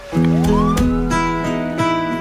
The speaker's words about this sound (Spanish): Empieza con una sirena así horrible, ¿no?